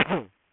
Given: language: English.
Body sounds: throat vibration sensor signal played as sound; cough

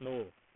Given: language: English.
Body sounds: throat vibration sensor signal played as sound; speech

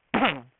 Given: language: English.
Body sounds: throat vibration sensor signal played as sound; cough

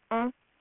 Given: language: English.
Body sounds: throat vibration sensor signal played as sound; speech

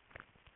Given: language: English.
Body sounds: throat vibration sensor signal played as sound; swallow

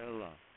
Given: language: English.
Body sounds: throat vibration sensor signal played as sound; speech

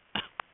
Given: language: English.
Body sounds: throat vibration sensor signal played as sound; cough

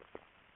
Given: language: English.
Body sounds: throat vibration sensor signal played as sound; swallow

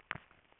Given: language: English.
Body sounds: throat vibration sensor signal played as sound; swallow

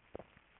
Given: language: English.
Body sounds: throat vibration sensor signal played as sound; swallow

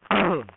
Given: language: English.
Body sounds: throat vibration sensor signal played as sound; throat clearing

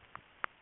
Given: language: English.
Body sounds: throat vibration sensor signal played as sound; swallow

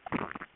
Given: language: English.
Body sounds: throat vibration sensor signal played as sound; swallow

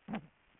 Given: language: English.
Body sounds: throat vibration sensor signal played as sound; throat clearing

